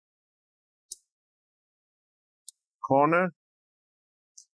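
On an Acer Aspire 3 A315-41-R7WT laptop, an opening tool is twisted along the side of the plastic bottom cover toward the back corner, and each twist pops a clip loose from the top case. Sharp clicks are heard at 0.9 s and 2.5 s, and a third faint click comes near 4.4 s. Someone talks briefly around 3.0 s as the clips come loose.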